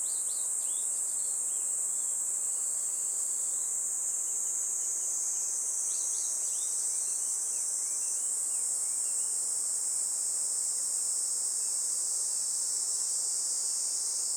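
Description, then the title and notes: Kaempfer cicada chorus, a continuous piercing hiss, with scattered bird chirps during the first half and around six to eight seconds. Chorus of Kaempfer cicadas that had just begun singing in a forest by the Tama River in summer, with birds also singing. "多摩川の森、ニイニイゼミたちの合唱"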